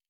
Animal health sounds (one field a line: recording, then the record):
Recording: hydrophone in a shrimp aquaculture tank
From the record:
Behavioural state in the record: normal